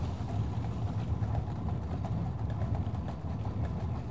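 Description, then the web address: Horse hoofbeats, a steady low, muffled clopping running through the whole stretch over a dense rumbling background. "The BBC Sound Effects Library. Horses # 2"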